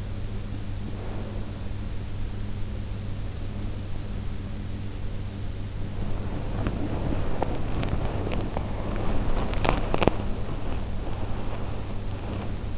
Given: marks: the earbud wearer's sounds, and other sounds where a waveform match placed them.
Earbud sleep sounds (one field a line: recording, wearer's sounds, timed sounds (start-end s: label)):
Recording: sounds in sleep by an in-ear microphone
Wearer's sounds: breath, body movement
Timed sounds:
0.72-1.66 s: breath
5.83-12.77 s: body movement